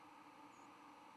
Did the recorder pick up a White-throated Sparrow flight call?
yes